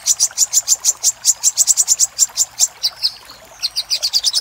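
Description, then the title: Little spiderhunter song: a steady series of sharp high notes, a short pause, then another rapid run. Master recording for training cage birds; Indonesian name sogok ontong, labelled labaik. "Masteran Burung Sogok Ontong Labaik"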